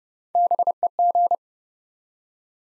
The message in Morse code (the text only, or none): BEG